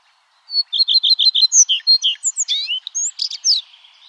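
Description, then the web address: Common redstart song phrase: a brief thin lead-in, a string of quick repeated chirps, then sharp varied twittering notes and buzzy slurs. "chant Rouge queue a front blanc"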